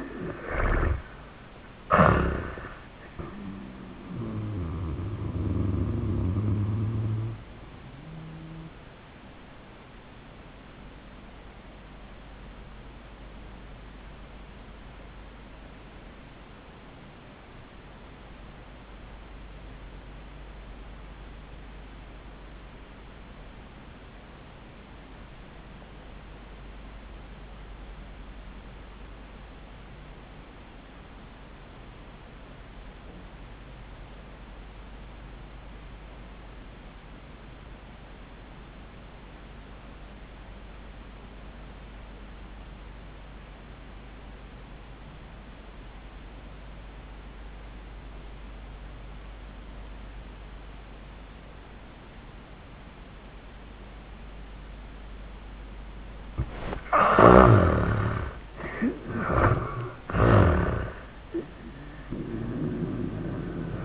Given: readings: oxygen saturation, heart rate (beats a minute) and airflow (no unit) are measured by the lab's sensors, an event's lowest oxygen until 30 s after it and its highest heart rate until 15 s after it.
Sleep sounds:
breathing in sleep by a voice recorder at the bedside; 1
11.00-57.30 s: obstructive apnea (REM, oxygen 89% highest, then 59% lowest, heart rate 86 at the start, 96 highest)
From the record:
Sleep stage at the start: REM sleep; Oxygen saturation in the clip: 62 to 89%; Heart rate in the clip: 55 to 93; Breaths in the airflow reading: 3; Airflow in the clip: -10.6 to 10.6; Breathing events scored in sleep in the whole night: 400 in 8.7 hours asleep

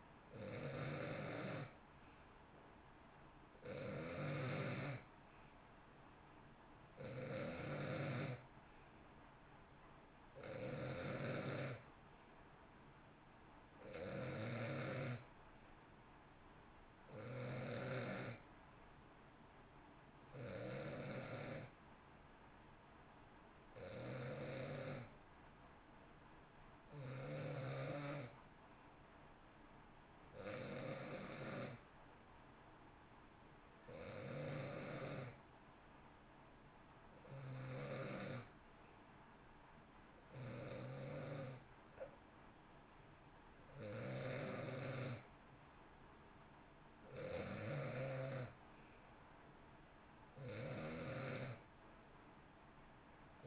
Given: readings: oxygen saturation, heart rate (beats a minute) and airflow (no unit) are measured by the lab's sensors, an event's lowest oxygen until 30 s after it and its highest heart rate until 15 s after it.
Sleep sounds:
breathing in sleep by a voice recorder at the bedside; 1
23.00-47.30 s: hypopnea (N2, oxygen 91% highest, then 90% lowest, heart rate 62 at the start, 66 highest)
33.00-53.47 s: new sleep stage, N1 (lightest sleep)
From the record:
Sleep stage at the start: N2 (light sleep); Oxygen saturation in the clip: 89 to 91%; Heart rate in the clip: 60 to 66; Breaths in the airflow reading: 16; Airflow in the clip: -9.0 to 7.4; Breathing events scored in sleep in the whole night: 328 in 6.3 hours asleep

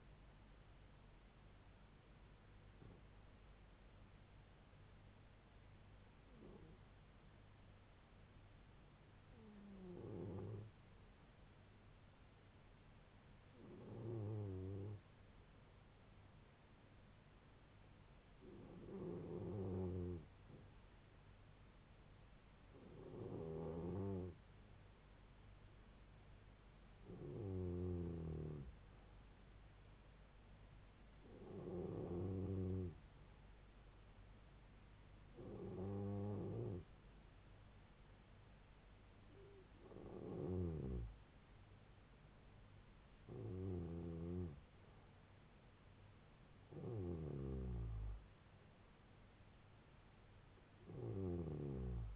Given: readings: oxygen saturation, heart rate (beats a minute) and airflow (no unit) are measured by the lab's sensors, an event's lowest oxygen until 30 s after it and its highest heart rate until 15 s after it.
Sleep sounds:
breathing in sleep by a voice recorder at the bedside; 1
5.00-23.20 s: hypopnea (N2, oxygen 95% highest, then 91% lowest, heart rate 73 at the start, 75 highest)
From the record:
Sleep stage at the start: N2 (light sleep); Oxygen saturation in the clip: 91 to 95%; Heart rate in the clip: 67 to 78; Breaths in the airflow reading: 12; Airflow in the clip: -4.2 to 3.0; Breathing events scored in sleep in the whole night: 158 in 7.3 hours asleep

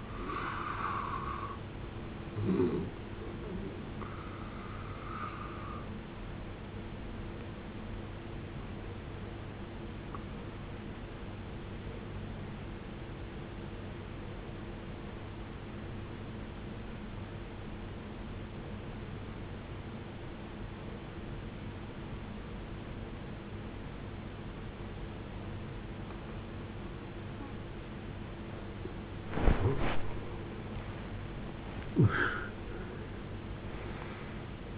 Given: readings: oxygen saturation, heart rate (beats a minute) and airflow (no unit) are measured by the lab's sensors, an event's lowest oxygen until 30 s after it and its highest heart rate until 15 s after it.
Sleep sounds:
breathing in sleep by a voice recorder at the bedside; 1
8.00-29.70 s: obstructive apnea (N1, oxygen 95% highest, then 78% lowest, heart rate 58 at the start, 79 highest)
17.00-34.78 s: new sleep stage, N2 (light sleep)
From the record:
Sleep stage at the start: N1 (lightest sleep); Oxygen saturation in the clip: 77 to 95%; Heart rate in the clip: 53 to 73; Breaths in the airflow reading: 5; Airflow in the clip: -14.6 to 16.7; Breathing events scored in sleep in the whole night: 389 in 6.3 hours asleep

